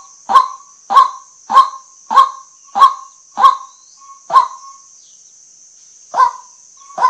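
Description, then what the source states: White-breasted waterhen giving short, harsh, mid-pitched calls about every 0.6 seconds, seven in a row, a pause, then two more, over a steady high-pitched drone. Waterhen call used as a lure for hunting, with emphasis on shooting at night.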